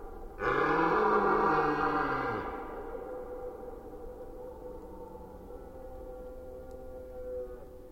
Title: hifi soundscape lama. Red Deer Rut - Forêt d'Orleans, France